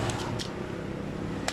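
A plastic lock ring on a Toyota Hilux fuel filter housing is turned clockwise until its arrow lines up with the mark, with a steady low hum in the background and a softer tick around 0.4 s. A sharp click at 1.5 s marks the ring locking fully seated in the filter housing.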